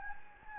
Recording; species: mosquito wingbeat signal from an infrared sensor; Anopheles gambiae